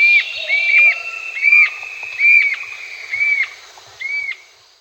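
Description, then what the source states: Sclater's antwren song: clear whistled, arched notes repeated at short, slightly uneven intervals, with a faint steady high hiss behind. South America.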